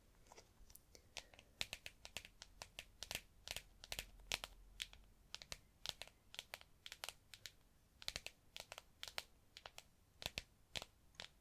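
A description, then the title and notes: Tapping in sharp, bright clicks, coming in quick irregular bursts like typing on a keyboard, some taps louder than others. The taps cluster in runs with short pauses around four and eight seconds, over a faint low hum underneath. ASMR Tapping To Help You Sleep (No Talking).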